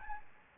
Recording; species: mosquito wingbeat signal from an infrared sensor; Aedes albopictus